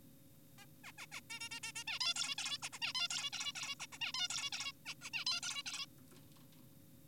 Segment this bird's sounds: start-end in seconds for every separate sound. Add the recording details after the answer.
0.58-0.66, 0.84-0.92, 0.98-1.06, 1.12-1.21, 1.30-1.40, 1.41-1.49, 1.51-1.60, 1.63-1.72, 1.76-1.84, 1.88-1.99, 2.01-2.14, 2.16-2.35, 2.38-2.58, 2.62-2.69, 2.73-2.79, 2.82-2.93, 2.95-3.08, 3.10-3.30, 3.33-3.52, 3.56-3.75, 3.80-3.87, 3.92-3.98, 4.01-4.12, 4.14-4.28, 4.30-4.50, 4.52-4.72, 4.86-4.94, 5.02-5.10, 5.14-5.24, 5.26-5.40, 5.43-5.63, 5.66-5.86. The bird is an adult. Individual g4p5U